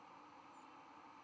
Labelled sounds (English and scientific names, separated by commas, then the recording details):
White-throated Sparrow (Zonotrichia albicollis) flight call
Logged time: 01:43 on 11 November 2014